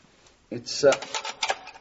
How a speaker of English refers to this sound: We have to go down even further than we are, though, and to do that, I must unlock this door. We keep the key here.